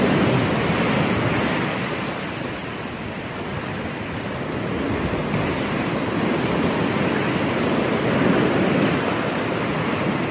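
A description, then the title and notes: Ocean surf rushes in a dense, steady roar, dipping slightly around three seconds before swelling again, full with a soft hiss. Ocean Sound.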